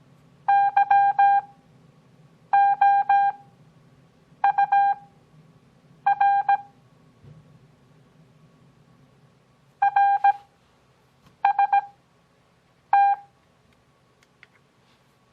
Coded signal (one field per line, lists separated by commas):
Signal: Morse code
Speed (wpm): 17 wpm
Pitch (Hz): 800 Hz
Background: none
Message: YOUR RST